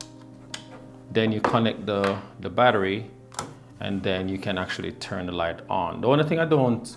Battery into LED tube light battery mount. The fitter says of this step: you line it up then you turn and you get a little click once you get that click